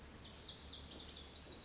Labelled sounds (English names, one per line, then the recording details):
Lazuli Bunting
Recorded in Sonoma County, California